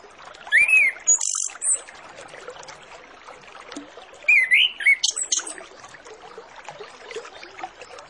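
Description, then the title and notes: Orange-headed Thrush singing two bursts of whistled, looping notes mixed with harsher high phrases, several seconds apart, over continuous faint background noise. Lure recording used to make Orange-headed Thrushes sing quickly and openly; full 'isian' song with fill-in phrases. "Masteran Anis Kembang Full Isian Untuk Suara Pancingan Anis Kembang Agar Cepat Ngeplong. Suara Burung Anis Kembang"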